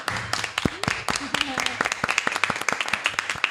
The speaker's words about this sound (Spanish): Un aplauso.